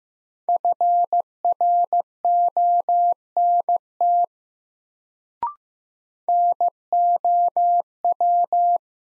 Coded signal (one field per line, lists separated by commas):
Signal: Morse code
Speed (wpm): 15 wpm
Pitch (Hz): 700 Hz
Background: none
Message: FRONT NOW